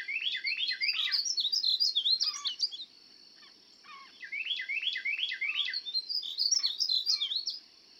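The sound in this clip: Painted Bunting song in two lively, sputtering warbled phrases of high chirpy notes, each a few seconds long, separated by a short pause, over steady background noise.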